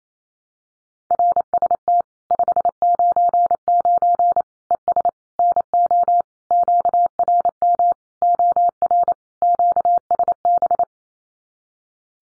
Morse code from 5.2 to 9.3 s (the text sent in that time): NO QRM OR